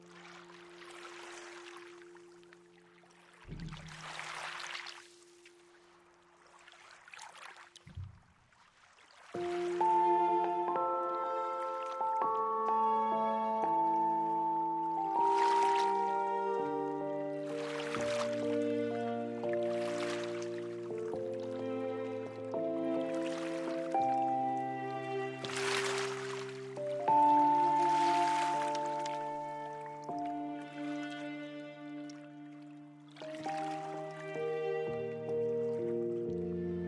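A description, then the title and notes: Soft river laps and a quiet low drone open, then at ten seconds piano notes and sustained strings enter, layered and gently swelling. Kelley Point Soundwalk distinctly captures the sound of the lapping Columbia River with ASMR-like sensitivity, forming a unique backdrop for piano, strings, and hushed, undulating synth drones.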